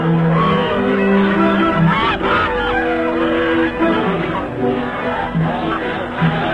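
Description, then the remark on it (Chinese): A bicycle skids on a small path, unable to brake, as it heads into a flock of geese, with a drawn-out scraping screech that runs through a noisy, steady jumble of honking geese, lasting several seconds without a break. “车还没走稳，又冲上了小道，眼看前面是鹅群了，可是他的车已经刹不住了。”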